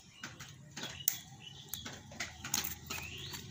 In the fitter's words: कि फ्रेंड देख पा रहे हैं, ये लग जाने के बाद आपको एक क्लिक साउंड आएगा, जैसे कि अभी।